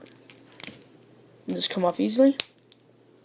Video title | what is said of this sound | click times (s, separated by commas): Marvel Legends Guardians of the Galaxy Vol. 2 Star-Lord Action Figure Review | You could also hear it pop. | 0.6 s